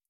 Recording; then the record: hydrophone in a shrimp aquaculture tank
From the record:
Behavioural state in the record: feeding